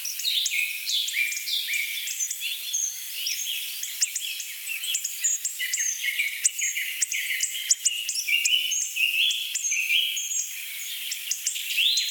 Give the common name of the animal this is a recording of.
Black Woodpecker